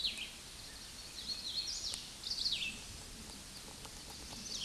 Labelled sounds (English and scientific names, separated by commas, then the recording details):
Hooded Warbler (Setophaga citrina) song
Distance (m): 50 m
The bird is about 10 m above the microphone
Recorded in a Pennsylvania forest on 16 May 2024 at 08:57
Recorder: AudioMoth, point MSD-2257
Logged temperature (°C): 16.0 °C
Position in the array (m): 145 m, 138 m